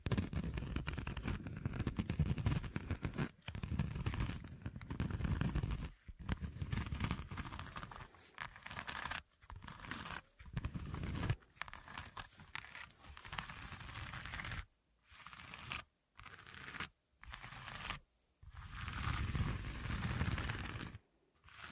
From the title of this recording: Pure Scratching